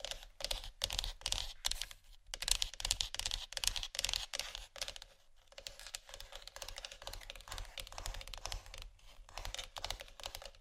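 Scratchy tapping in quick, dense, irregular bursts of bright clicks and scrapes, with brief pauses near two and five seconds and a low steady hum.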